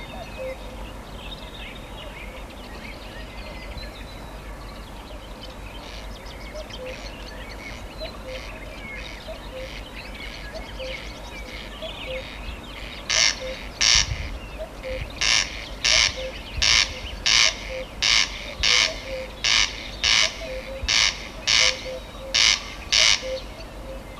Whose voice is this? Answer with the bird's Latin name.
Cuculus canorus